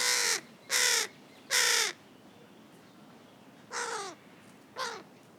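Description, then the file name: Carrion crow calling with three loud, grating caws in quick succession, a pause, then two fainter caws. "Corvus corone"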